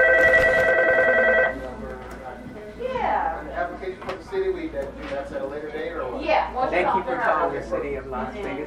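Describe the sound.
A telephone rings with a steady electronic trill for about a second and a half, a call about camp, then stops as people start talking.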